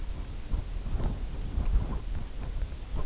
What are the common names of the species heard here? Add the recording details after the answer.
none. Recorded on Arctic tundra, site UTQI-0, on 16 June 2019. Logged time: 20:00